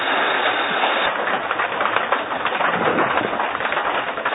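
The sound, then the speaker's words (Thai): Steady rain falling during a pause in a Buddhist dharma talk, a dense, even hiss that keeps up without pause at a fairly loud, constant level. No one speaks over it. “ขอให้เรามาลองนั่งกันสักพักหนึ่งแล้วพอเสียงฝนหยุดแล้วก็จะมาพูดธรรมกันต่อ”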